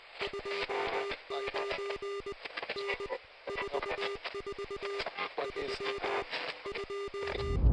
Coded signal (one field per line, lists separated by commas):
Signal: Morse code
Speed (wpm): 20 wpm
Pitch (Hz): 400 Hz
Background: none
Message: 29 N 44 3 2